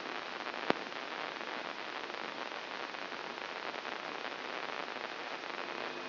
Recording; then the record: brain microelectrode recording played as sound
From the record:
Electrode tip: inside the subthalamic nucleus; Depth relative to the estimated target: 0 mm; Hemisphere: right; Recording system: AlphaMap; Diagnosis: Parkinson's disease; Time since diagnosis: 14 years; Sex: female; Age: 63 years